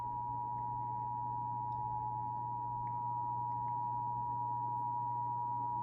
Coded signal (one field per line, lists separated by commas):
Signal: Emergency Alert System (SAME) tones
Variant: 853 and 960 Hz attention tone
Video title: Eas svr on npt live stream Eas#810